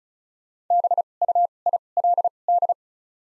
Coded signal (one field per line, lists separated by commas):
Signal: Morse code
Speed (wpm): 36 wpm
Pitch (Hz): 700 Hz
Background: none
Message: B U I L D